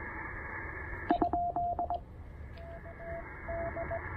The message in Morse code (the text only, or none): ? TD